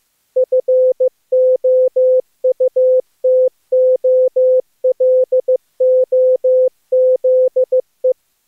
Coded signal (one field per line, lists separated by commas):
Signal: Morse code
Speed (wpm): 24 wpm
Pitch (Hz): 510 Hz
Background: none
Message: FOUTOLOZE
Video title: Daily Minutes, January 8, 2016, without the Contestia